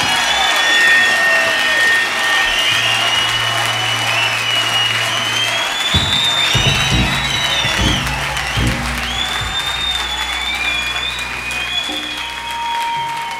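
A large audience claps and cheers loudly and steadily for the whole stretch, with dense unbroken applause, shrill whistles and whoops riding on top, and a few low thumps and brief hums underneath.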